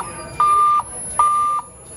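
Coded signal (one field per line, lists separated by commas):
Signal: alarm pattern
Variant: EST evacuation tone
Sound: two steady mid-pitched electronic beeps, evenly spaced, the sequence cut off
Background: room ambience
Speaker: If it's an EST system, it probably plays a tone something like this.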